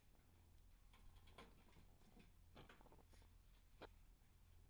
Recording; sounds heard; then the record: poultry house recording; sick chickens (respiratory disease)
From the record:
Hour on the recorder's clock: 17